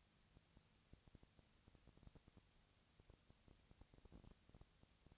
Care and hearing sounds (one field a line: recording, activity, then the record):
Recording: daily activity, microphone in the room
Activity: no activity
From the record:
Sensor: 3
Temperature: 20.4 degrees Celsius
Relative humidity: 34.4%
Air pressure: 997.1 hPa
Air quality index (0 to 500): 205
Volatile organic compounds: 68 ppm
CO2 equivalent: 3500 ppm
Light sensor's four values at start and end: 2/3/2/2 and 2/3/2/2